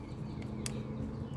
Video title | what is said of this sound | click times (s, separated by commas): 2017 Hyundai Veloster Base tune up. | like to hear it snap and then I'm going to lock it with the Locking Tab and it ain't going to go anywhere | 0.7 s